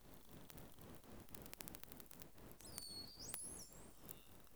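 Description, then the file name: Bottlenose dolphin whistles: high upward and level sweeping tones in the second half, over dense crackling clicks. "GRAND DAUPHIN"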